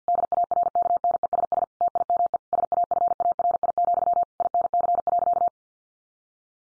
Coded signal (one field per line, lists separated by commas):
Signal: Morse code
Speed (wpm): 50 wpm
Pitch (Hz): 700 Hz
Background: none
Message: DARKNESS TIME SAFARI, INC.